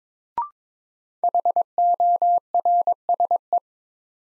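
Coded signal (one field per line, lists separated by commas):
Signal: Morse code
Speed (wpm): 22 wpm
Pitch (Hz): 700 Hz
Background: none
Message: HORSE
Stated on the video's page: New-word Morse drill from the top 300 words at 22 wpm; each word sent in Morse, spoken, then sent again.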